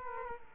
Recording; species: mosquito wingbeat signal from an infrared sensor; Culex quinquefasciatus